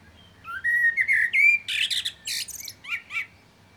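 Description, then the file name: Common blackbird delivering one full song phrase, a smooth rising whistled warble followed by a rapid burst of shrill, chattering high squeaks. "Turdus merula"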